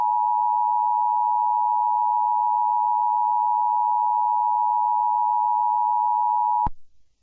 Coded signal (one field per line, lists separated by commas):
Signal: Emergency Alert System (SAME) tones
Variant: 853 and 960 Hz attention tone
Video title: Nature of Distortion|An original EAS scenario